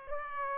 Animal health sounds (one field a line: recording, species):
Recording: mosquito wingbeat signal from an infrared sensor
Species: Aedes aegypti